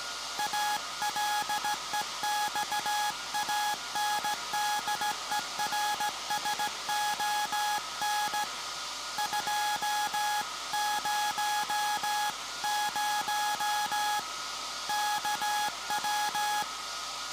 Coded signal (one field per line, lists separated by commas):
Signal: Morse code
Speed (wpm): 16 wpm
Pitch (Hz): 840 Hz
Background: none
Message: ALEXANDERSON 200 KW